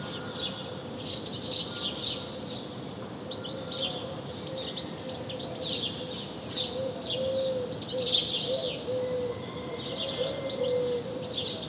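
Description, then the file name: House sparrow chirping, irregular and clustered, some notes louder than others, with a soft low tone in the background. "Passer domesticus"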